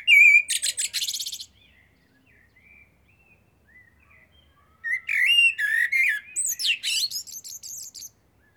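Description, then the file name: Common blackbird song: a high squeaky flourish, a long pause with faint notes, then a mellow fluted phrase ending in rapid high twittering. "Turdus merula"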